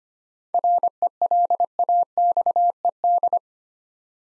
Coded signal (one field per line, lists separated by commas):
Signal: Morse code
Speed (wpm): 25 wpm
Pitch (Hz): 700 Hz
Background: none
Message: RELAXED